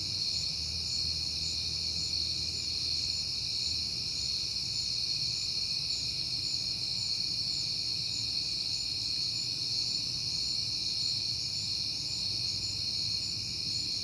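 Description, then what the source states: Crickets singing together in a continuous high trill, with a low background rumble. Crickets recorded on a peaceful night in September.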